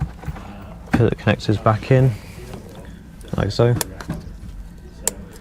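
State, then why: Seated. While refitting the steering wheel airbag on an Aston Martin DB9, DBS or Vantage, the wiring connectors are pushed back into their sockets on the airbag module and the lock is slid home as someone talks. A single sharp click at 5.1 s marks the airbag connector locking into place in its socket, fully seated.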